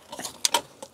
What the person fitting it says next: Voilà, c'est clipsé.